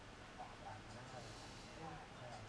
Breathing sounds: one breath in and out by a microphone near the nose and mouth; normal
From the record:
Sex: male

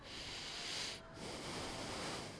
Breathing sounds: one breath in and out by a microphone near the nose and mouth; deep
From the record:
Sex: male

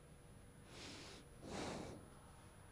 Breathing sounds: one breath in and out by a microphone near the nose and mouth; normal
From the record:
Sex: male

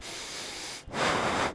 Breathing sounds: one breath in and out by a microphone near the nose and mouth; strong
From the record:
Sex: male

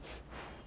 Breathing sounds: one breath in and out by a microphone near the nose and mouth; strong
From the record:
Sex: female

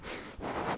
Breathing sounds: one breath in and out by a microphone near the nose and mouth; strong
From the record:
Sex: male

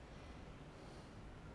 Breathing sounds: one breath in and out by a microphone near the nose and mouth; normal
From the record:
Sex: male

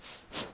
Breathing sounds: one breath in and out by a microphone near the nose and mouth; strong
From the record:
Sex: male

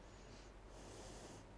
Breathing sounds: one breath in and out by a microphone near the nose and mouth; normal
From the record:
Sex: female

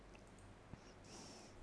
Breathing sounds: one breath in and out by a microphone near the nose and mouth; normal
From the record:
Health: marked as sick, illness not named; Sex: female

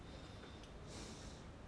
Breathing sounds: one breath in and out by a microphone near the nose and mouth; normal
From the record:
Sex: male

